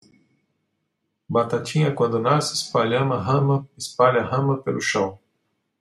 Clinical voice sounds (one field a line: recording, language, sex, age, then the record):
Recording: short text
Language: Brazilian Portuguese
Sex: male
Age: 50 to 59 years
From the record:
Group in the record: control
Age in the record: 53 years